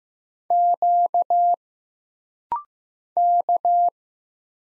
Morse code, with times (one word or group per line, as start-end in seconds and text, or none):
0.5-1.5 Q
3.2-3.9 K